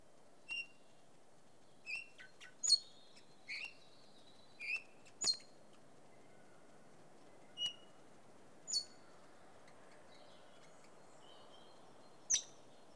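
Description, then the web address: Red-rumped parrot calls: about eleven short chirping whistles spaced irregularly from a fraction of a second to several seconds apart, some clipped and sharp, with quiet hiss between. "The BBC Sound Effects Library. Red-Rumped Parakeet"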